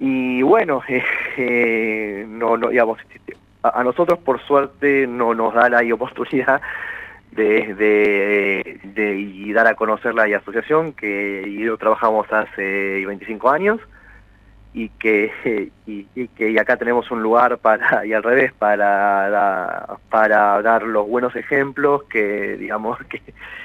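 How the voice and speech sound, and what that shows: An adult man speaks Spanish over a narrow, phone-quality radio line with frequent pauses. He repeats sounds and syllables ("de… de… de dar", "para da… para dar") and stretches vowels, fitting developmental stuttering of mild to moderate degree. He is himself a person who stutters, a member of a stuttering association.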